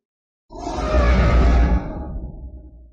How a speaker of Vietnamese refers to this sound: Tiếng gầm thét trầm thấp như tiếng sấm, làm cho máu huyết trong cơ thể con người sôi trào cả lên.